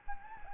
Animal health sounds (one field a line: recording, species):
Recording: mosquito wingbeat signal from an infrared sensor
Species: Anopheles gambiae